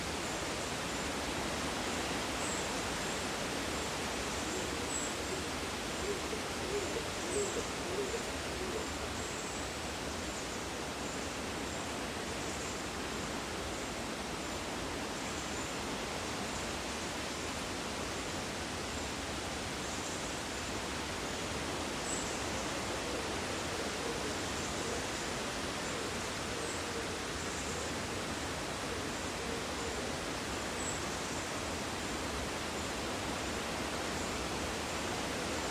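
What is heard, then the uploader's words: Summer breeze through oak leaves makes a steady, dense rustling hiss at an even level, with faint high chirps now and then. Summer Breeze in the Trees, Malvern Hills UK - Binaural. Oaks swaying in the summer breeze - Binaural Nature Soundscape. Recorded by Mike Rucinski. Today the recording location is up and over Ragged Stone Hill, then steep down into a woodland made up of mostly Beech and Oak (at least where I was situated).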